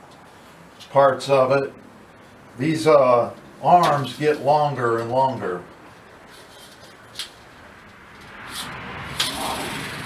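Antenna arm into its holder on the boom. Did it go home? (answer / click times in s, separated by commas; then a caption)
yes / 7.2 s, 9.2 s. Someone talks while unfolding lightweight antenna arms and pushing them into position on the boom. Sharp snaps are heard at 7.2 s and 9.2 s as the arms seat into their holders, and they snap into place.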